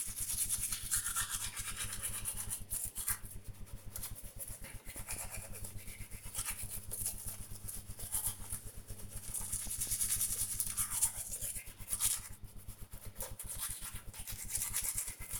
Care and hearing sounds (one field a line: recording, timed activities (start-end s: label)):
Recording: household activities, microphone on the right wrist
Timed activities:
0.00-15.39 s: brushing teeth